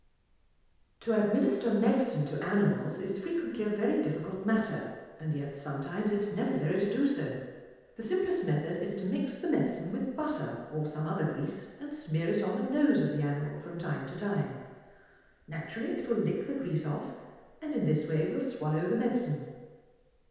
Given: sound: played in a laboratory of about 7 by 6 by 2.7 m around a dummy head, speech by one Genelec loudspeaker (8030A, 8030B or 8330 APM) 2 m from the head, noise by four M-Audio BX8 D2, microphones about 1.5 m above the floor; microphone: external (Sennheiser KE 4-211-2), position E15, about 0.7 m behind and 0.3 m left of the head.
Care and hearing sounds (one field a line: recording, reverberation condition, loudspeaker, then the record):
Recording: female speech in English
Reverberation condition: high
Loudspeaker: 60 degrees to the left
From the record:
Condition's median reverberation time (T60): about 1300 ms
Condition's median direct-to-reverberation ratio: about -4.0 dB